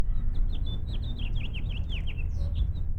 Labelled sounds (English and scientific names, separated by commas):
House Finch (Haemorhous mexicanus) song